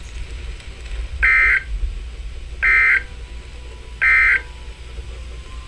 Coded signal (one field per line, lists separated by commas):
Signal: Emergency Alert System (SAME) tones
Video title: EAS #86 Severe Thunderstorm Warning 6/30/14